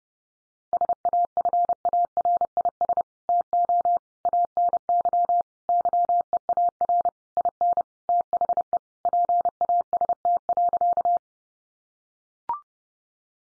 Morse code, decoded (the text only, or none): SAFARIS TO ANY YEAR IN THE PAST.